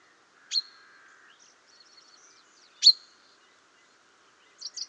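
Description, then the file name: Common chaffinch call: two loud, sharp, high notes about two seconds apart with faint twittering between, and a quick cluster of high notes at the close. "Fringilla coelebs"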